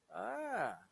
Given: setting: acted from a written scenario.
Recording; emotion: vocal sound without words; interest